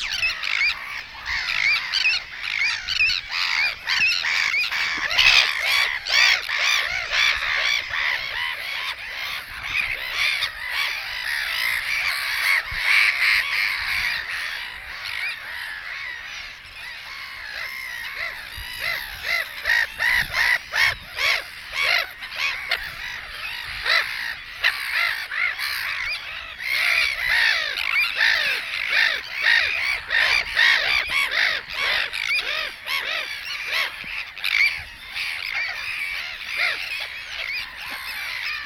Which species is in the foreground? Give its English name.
Sandwich Tern